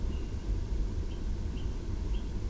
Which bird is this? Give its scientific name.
Strix aluco